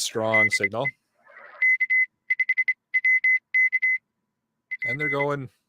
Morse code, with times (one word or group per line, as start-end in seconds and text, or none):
0.3-0.9 DE
1.6-4.0 K5WK
4.7-5.2 P